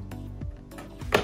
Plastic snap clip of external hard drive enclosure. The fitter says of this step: that got it i think and so now boom oh look at that just pop right open